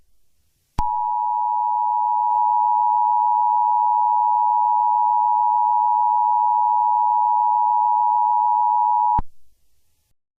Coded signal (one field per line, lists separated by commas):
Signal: Emergency Alert System (SAME) tones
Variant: 853 and 960 Hz attention tone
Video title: Black Hole: A Remastered EAS Scenario